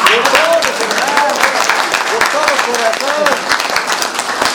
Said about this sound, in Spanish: Bien, hermanos, hermanas, parece que estamos muy desmotivados, por ahí hay mucho cariño, poco cariño, no sé cómo es, pero aplaudiremos muy fuerte a los hermanos